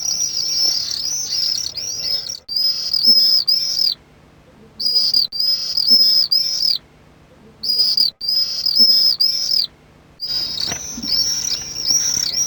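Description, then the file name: Common swift contact calls, piercing high screams in bursts broken by short silences. "Mauersegler Lockrufe"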